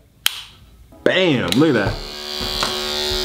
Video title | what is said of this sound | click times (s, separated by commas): 3 CORDLESS ENVY LI HACKS | right in look at that listen to that BAM | 0.3 s